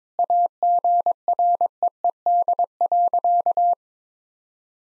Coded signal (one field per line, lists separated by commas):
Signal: Morse code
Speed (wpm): 22 wpm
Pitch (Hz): 700 Hz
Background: none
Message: AGREED.